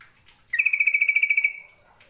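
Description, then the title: Bird trill, a loud rapid run of many evenly spaced high pulses lasting around one second, then silence. "Kicau Burung"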